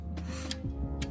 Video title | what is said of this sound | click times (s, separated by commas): Lifting our Polaris Ranger 3 inches/ 30 inch tires for 2020 King Of the Hammers KOH | Come on. There's the click. | 0.5 s, 1.0 s